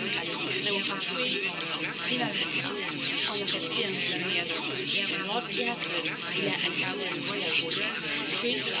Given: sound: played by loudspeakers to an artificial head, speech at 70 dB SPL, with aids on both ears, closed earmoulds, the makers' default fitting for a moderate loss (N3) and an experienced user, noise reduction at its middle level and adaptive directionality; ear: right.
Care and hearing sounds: speech test signal (ISTS) in cocktail-party noise; -6 dB; in front (0 degrees)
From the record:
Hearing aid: class 1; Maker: A

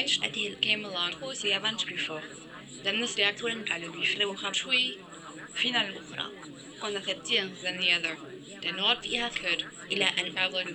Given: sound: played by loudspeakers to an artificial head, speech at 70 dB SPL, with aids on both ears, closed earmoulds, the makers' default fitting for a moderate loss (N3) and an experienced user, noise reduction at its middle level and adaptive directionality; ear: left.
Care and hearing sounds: speech test signal (ISTS) in cocktail-party noise; +3 dB; in front (0 degrees)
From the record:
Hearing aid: class 1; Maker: C

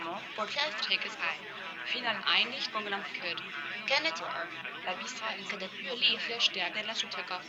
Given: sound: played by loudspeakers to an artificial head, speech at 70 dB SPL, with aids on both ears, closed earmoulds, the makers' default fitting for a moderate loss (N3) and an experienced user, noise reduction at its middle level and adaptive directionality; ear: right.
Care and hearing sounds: speech test signal (ISTS) in cocktail-party noise; -3 dB; on the right (90 degrees)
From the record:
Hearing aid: class 1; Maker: F

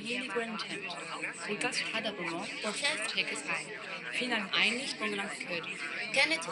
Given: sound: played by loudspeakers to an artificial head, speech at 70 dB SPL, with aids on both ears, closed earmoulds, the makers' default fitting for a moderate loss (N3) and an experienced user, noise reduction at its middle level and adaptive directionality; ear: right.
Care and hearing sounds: speech test signal (ISTS) in cocktail-party noise; -6 dB; in front (0 degrees)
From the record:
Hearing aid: class 2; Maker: I

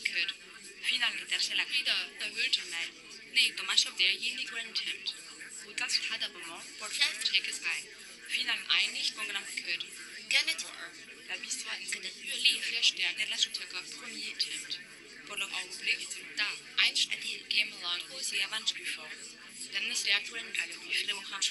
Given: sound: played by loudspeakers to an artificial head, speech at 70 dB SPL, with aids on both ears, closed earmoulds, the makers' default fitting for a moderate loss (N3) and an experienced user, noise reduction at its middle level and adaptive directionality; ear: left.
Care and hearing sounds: speech test signal (ISTS) in cocktail-party noise; -3 dB; in front (0 degrees)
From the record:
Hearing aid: class 2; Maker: H

